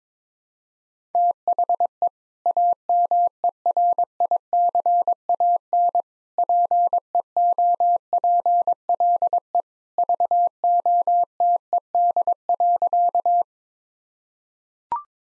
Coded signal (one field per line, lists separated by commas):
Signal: Morse code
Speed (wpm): 22 wpm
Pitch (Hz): 700 Hz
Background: none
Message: THE AMERICAN PEOPLE VOTED.